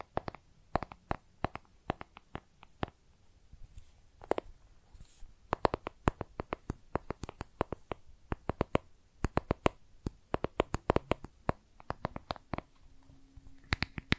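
Makeup tapping and scratching: sharp, crisp taps come in quick irregular bursts throughout, sometimes clustered, sometimes spaced with short pauses around four to five seconds. Soft scratchy rustles fill the gaps, and a faint low hum appears near the end.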